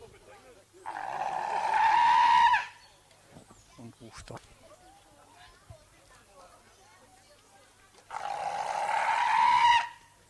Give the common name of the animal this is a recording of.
South American Fur Seal